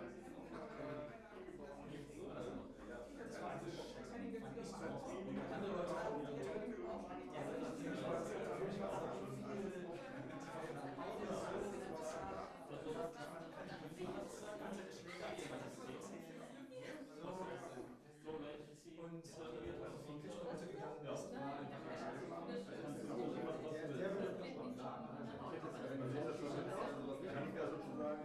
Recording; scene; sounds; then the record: everyday scene through a hearing-aid microphone; many people talking; many voices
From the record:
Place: bistro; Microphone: behind the ear, left, rear